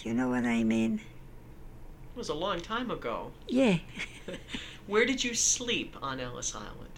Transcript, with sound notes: you know what I mean?
It was a long time ago.
Yeah. (They laugh)
Where did you sleep on Ellis Island?